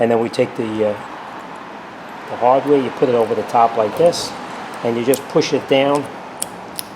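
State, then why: Seated. A new metal brake pad hardware (abutment) clip is placed over the top of the rear caliper bracket on a 2008–2013 Toyota Highlander and pushed down while someone talks. Two sharp metallic snaps at 6.4 s and 6.8 s mark the clip popping into place, seated where it belongs.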